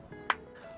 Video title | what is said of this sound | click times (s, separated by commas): BOXIO - The Ultimate VanLife Bathroom Hack! | and you just bring it down until it clicks. | 0.3 s